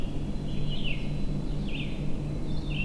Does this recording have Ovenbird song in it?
no